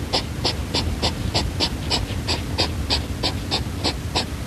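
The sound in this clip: European hedgehog snuffling, quick rhythmic huffs repeated about three times a second over a low background rumble.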